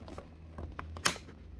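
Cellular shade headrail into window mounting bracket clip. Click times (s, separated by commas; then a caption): 1.1 s. A cellular shade headrail is pushed up near the clip and into a window mounting bracket clip. A few small ticks and creaks lead up to a sharp snap at 1.1 s as the headrail seats in the bracket.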